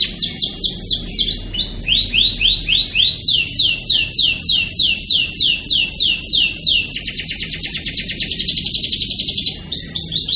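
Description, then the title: Canary singing a long, continuous high song of rapid rolling trills, in phrases of quick repeated notes at different pitches. Privately kept canary. "Kenari Raja Kecil milik Fitri BKS"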